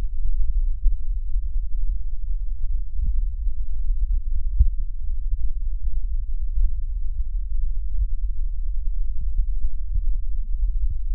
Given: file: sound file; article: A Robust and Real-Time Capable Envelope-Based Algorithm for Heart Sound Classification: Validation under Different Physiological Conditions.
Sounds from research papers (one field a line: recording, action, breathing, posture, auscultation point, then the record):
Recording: heart sounds by electronic stethoscope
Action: rest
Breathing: normal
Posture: sitting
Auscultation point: left side of the back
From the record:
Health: healthy, no known heart disease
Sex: male